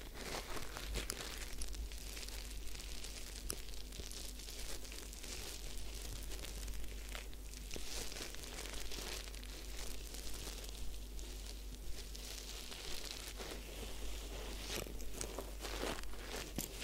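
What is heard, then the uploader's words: A head spa hair wash and massage, heard as continuous crinkling and scratching rubs over a steady low hum. Dense, irregular bursts of bright friction rise and fall every second or two, with sharper crackles near 1.5, 8, 13 and 15 seconds. Head Spa Hair Wash, Massage, Ear Cleaning.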